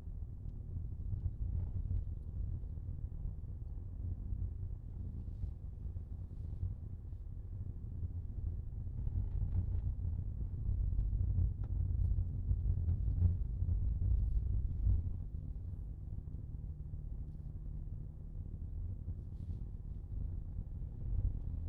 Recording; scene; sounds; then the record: everyday scene through a hearing-aid microphone; in a vehicle; engine, rumble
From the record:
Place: Skoda Fabia, gasoline engine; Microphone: in the ear canal, left